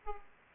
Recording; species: mosquito wingbeat signal from an infrared sensor; Aedes aegypti